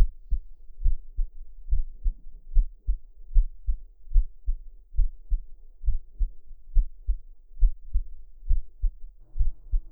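Normal heartbeat of an adult woman, close-miked, heard with the listener's ear pressed against her chest.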